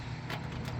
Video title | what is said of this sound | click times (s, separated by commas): $5K in Accessories! 2019 Ural Gear Up Midnight Blue Metallic Overview | but as you can see, very easily pops right into place. | 0.3 s